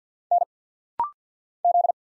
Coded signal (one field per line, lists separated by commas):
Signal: Morse code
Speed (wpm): 48 wpm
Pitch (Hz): 700 Hz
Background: none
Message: N Z